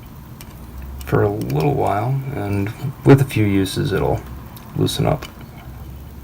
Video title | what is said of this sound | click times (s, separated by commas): Selecting AR-15 Components: Buffer Kit and Takedown Pins! | pops into place, and it's going to be probably too stiff to work by hand | 0.4 s